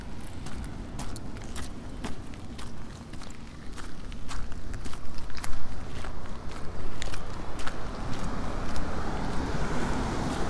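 Footsteps on a coastal path walk, a steady run of short crunching steps spread across the clip at an even pace. Beneath them a low rumble of wind rises and thickens toward the end, with a faint hiss growing in the last few seconds.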